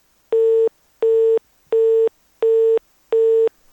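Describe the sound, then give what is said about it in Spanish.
A telephone line tone after a call drops: five identical steady beeps at a mid pitch, evenly spaced with short silent gaps, loud and alone with no voices. “¿Habrá sido el eclipse que le cortó el teléfono?”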